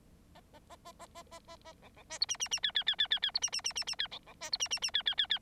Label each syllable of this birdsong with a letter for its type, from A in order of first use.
A A A A A A A A A B B C D E E E F F F F F F D E E E E E F B B C D E E E F F F F